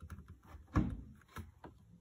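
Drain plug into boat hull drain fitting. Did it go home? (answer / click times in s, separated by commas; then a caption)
yes / 0.8 s. A twist-in boat drain plug with an O-ring is turned into its hull drain fitting on a 2000 Triton TR21 bass boat. Faint taps and rattles lead up to a louder, sharp click at 0.8 s as the plug locks into place, followed by a few softer clicks. The plug is seated.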